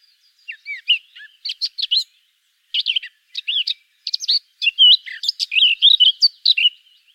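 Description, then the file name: Eurasian blackcap singing a chattering warble that starts sparse, pauses, then builds into a dense run of bright, looping whistled notes. "Sylvia atricapilla"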